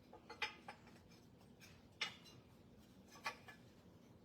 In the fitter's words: so first snaps right into the step